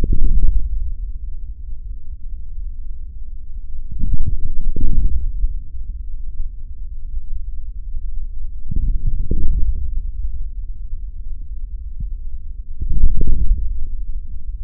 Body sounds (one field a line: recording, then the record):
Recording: forearm muscle sounds (acoustic myography)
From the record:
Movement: forearm pronation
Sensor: system 3, bracelet of six PUI Audio POM-2738L microphones around the upper forearm, with dedicated amplification and filtering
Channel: 2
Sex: male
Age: 26 years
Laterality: right